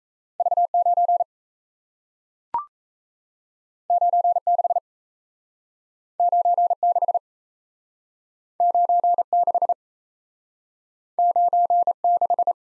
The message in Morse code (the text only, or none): V9 96 96 96 96